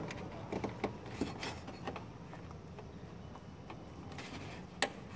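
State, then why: Seated. An HID power cable connector is pressed down on top onto the HID ballast of a 2016 Hyundai Tucson, with a few faint ticks and handling noises early on. At 4.8 s a sharp, loud snap rings out as the connector locks onto the ballast's grooves, and it is confirmed seated.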